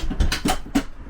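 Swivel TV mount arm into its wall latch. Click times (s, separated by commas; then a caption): 0.3 s. A swivel TV mount arm in a 2018 Dutchmen Coleman 2405BH travel trailer is pushed back into its stowed position against its wall latch, so it won't move around while driving. Several short knocking bursts are heard, with the sharpest hit at 0.3 s. The arm latches and locks in place at 0.3 s.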